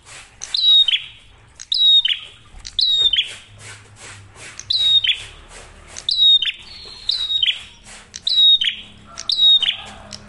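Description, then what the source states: Prinia song: repeated high whistles, each dropping into a level thin note with a buzzy tail, with irregular short gaps between phrases over faint background hiss. Training recording for songbirds; clear, energetic song.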